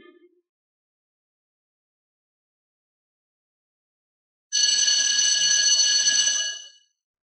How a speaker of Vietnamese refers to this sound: Những tiếng chuông vang lên liên tiếp trong khuôn viên trường trung học số 1 của khu Nghi An.